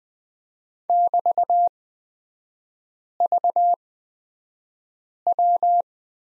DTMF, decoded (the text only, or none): none